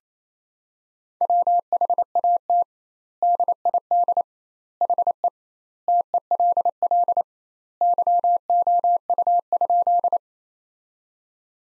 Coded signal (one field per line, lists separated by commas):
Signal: Morse code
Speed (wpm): 28 wpm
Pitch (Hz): 700 Hz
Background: none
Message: WHAT DID HE TELL YOU?